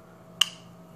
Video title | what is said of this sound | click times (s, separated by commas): VaporShark DNA 200: A First Look | bottom Clicks in just like that once you hear the snap you're good to vape | 0.4 s